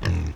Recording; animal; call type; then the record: contact call of a hoofed animal; wild boar; grunt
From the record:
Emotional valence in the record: positive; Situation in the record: food anticipation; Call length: 0.36 s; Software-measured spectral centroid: 2010 Hz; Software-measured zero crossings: 630 a second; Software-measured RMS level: -24 dBFS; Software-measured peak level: -15 dBFS